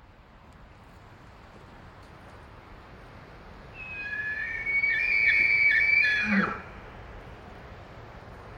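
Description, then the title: Elk bugle: a loud, high whistled note held steady for a few seconds with rich overtones, then dropping into a short low grunt, over steady wind. Several small elk herds moving through tall pine stands in strong mountain wind, males bugling back and forth while females choose which to follow. "Elk Herd Activity In Windy Background"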